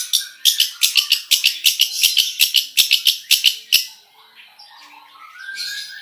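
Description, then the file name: Long-tailed shrike song: a quick series of many sharp, clicking high notes, then fainter, softer notes. "suara-cendet-versi-4"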